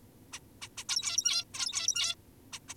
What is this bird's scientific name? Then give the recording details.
Taeniopygia guttata. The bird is an adult. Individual g17y2U